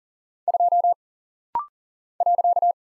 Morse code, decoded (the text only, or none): 2 .